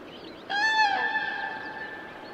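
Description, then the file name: Common crane call: a single resonant, trumpet-like note with a short louder start, then a long level drawn-out tone over steady background noise. "Trana"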